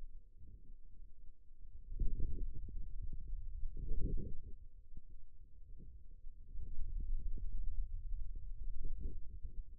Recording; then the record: forearm muscle sounds (acoustic myography)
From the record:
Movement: hand opening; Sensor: system 2, bracelet of six BSWA MPA416 microphones around the upper forearm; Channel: 3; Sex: male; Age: 22 years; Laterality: right